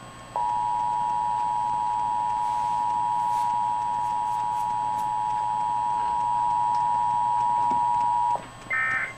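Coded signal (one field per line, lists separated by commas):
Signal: Emergency Alert System (SAME) tones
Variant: 853 and 960 Hz attention tone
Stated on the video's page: Required Monthly Test from a Sage ENDEC model 1822 daisy-chained to a Trilithic EASyPLUS encoder/decoder, not connected to any transmitter; a demonstration.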